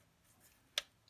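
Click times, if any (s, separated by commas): 0.8 s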